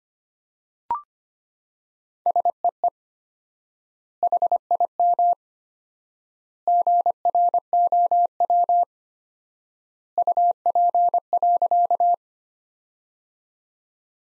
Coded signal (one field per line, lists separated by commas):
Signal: Morse code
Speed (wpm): 25 wpm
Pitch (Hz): 700 Hz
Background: none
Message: SEE HIM GROW UP.